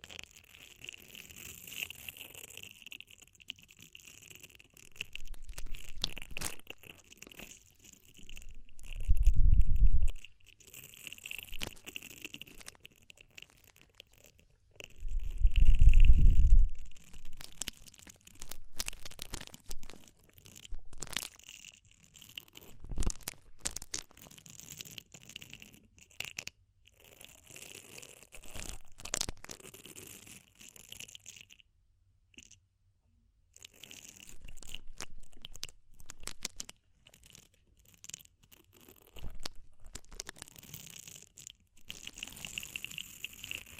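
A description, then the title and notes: Close ear cleaning sounds with scratchy, crinkling rubs and crackles coming in short irregular bursts throughout. Two heavier, low rumbling pushes stand out near ten and sixteen seconds. A thin steady hiss sits underneath, with a brief quiet gap just after thirty seconds. DEEP Ear Penetrating Cleaning.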